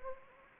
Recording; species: mosquito wingbeat signal from an infrared sensor; Anopheles arabiensis